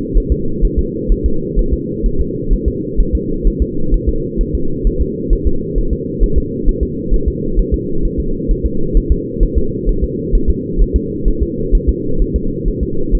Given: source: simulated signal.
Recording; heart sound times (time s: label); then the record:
fetal heart sounds
0.17 s: S1
0.32 s: S2
0.64 s: S1
0.79 s: S2
1.12 s: S1
1.26 s: S2
1.59 s: S1
1.73 s: S2
2.06 s: S1
2.21 s: S2
2.53 s: S1
2.68 s: S2
3.00 s: S1
3.15 s: S2
3.47 s: S1
3.62 s: S2
3.94 s: S1
4.09 s: S2
4.41 s: S1
4.55 s: S2
4.87 s: S1
5.02 s: S2
5.33 s: S1
5.47 s: S2
5.78 s: S1
5.93 s: S2
6.23 s: S1
6.38 s: S2
6.69 s: S1
6.83 s: S2
7.14 s: S1
7.28 s: S2
7.59 s: S1
7.74 s: S2
8.05 s: S1
8.20 s: S2
8.51 s: S1
8.66 s: S2
8.97 s: S1
9.12 s: S2
9.43 s: S1
9.58 s: S2
9.89 s: S1
10.04 s: S2
10.35 s: S1
10.50 s: S2
10.81 s: S1
10.96 s: S2
11.28 s: S1
11.43 s: S2
11.75 s: S1
11.89 s: S2
12.22 s: S1
12.36 s: S2
12.68 s: S1
12.83 s: S2
13.15 s: S1
From the record:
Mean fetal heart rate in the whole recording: 130 bpm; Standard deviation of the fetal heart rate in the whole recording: 2 bpm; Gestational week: 38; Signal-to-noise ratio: -8.1 dB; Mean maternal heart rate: 72 bpm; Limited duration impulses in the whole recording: absent